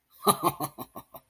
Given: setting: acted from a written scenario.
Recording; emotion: vocal sound without words; amusement